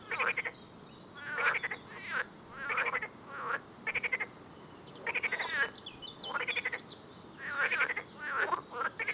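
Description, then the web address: Frogs croaking in bursts of fast pulsed notes, some overlapping, in an irregular rhythm. "Soundscape Frog 1"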